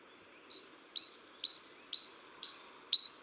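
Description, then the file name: Great tit giving a steady series of about six high, thin two-part notes, each a downward sweep into a sustained tone, twice a second. "Parus major"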